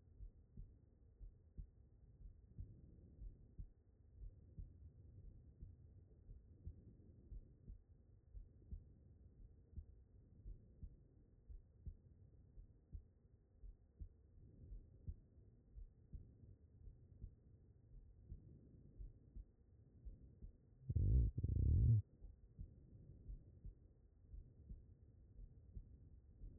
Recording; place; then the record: heart sounds by stethoscope; aortic valve (AV)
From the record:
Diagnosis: non-HFrEF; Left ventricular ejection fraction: 68%